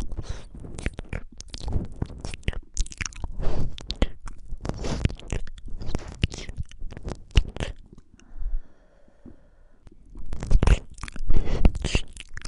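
Wet slurping and licking on a microphone, made of dense, rapid smacks and crackly mouth clicks for the first eight seconds. A near-silent pause follows with only a faint, thin hum, then the sloppy licking returns in quick bursts until the end.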